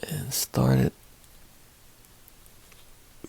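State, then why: Not seated. A steel retaining snap ring is being worked onto the head of a vintage Craftsman "Tri-Wing" 43796 3/8 inch drive ratchet, to go into its groove. Someone talks briefly, followed by near-silence with a few faint ticks of handling. Nothing has seated or clicked yet.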